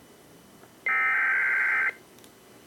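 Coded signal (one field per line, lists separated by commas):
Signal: Emergency Alert System (SAME) tones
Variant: header bursts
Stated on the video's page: Local area emergency relayed through a SAGE EAS ENDEC, audio supplied by another enthusiast.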